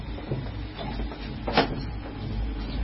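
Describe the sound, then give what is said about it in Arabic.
A door opens with a single brief knock-like clack midway, set against a steady low mechanical hum and faint rustling. “افتح الباب”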